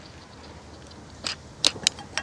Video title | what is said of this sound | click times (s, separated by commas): PORTABLE TYPE 2 ELECTRIC VEHICLE CHARGING SYSTEM with adaptable tails | and go and hit a little click there's two ends there one on the other side and to unhook it | 1.7 s, 1.9 s